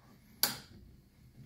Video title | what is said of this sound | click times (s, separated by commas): Child Craft Drawer Installation | sliding It Forward till you hear that click you then simply push the drawer in | 0.4 s